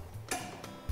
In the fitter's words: okay so I'm going to grab it right above and lean back mhm until it locks right